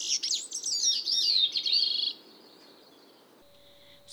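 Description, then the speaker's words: Bicknell's Thrush song: one thin, high phrase of slurred notes winding downward for about two seconds. Song opens with 2–3 soft plucking notes, then ringing downward-slurred phrases like a veery; the third phrase usually rises in pitch and intensity; thin, nasal, flute-like quality; songs vary in volume and duration. "The Bicknell's thrush song is introduced by 2 to 3 soft plucking notes, followed by vibrant, ringing phrases that slur downward in a manner somewhat reminiscent of the veery."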